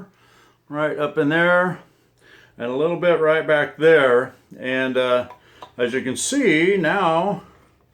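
Someone talks while handling the flintlock lock plate of a .50 caliber rifle, working it toward its inlet mortise in the wooden rifle stock. Only the talking is heard, with short pauses between phrases. Nothing has seated or popped into place yet.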